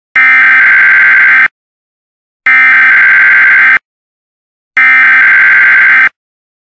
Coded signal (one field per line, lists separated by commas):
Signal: Emergency Alert System (SAME) tones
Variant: header bursts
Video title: Mock EAS Severe Thunderstorm Watch & Warning